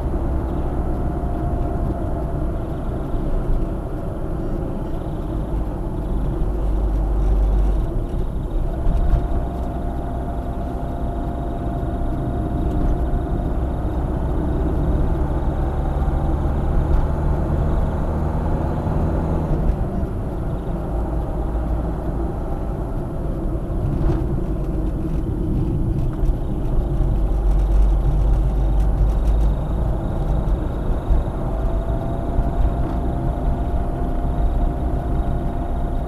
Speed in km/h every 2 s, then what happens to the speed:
58, 51, 47, 45, 46, 46, 49, 53, 55, 55, 54, 44, 35, 34, 41, 45, 45, 45.
1-6 slows to 45. 6-11 steady at about 46. 11-15 speeds up to 55. 19-25 brakes to 34. 25-29 speeds up to 45. 29-36 steady at about 45.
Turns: none.